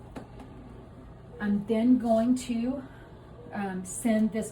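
An arterial pressure monitoring cable is pushed into its matching red-stickered input slot on an Alta patient monitor. One short, sharp click at 0.2 s marks the plug seating, and then someone talks.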